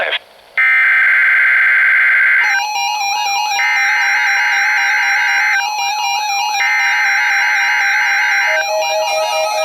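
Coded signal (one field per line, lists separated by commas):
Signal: Emergency Alert System (SAME) tones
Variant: header bursts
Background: speech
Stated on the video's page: Required Weekly Test from a NOAA Weather Radio station in Wisconsin.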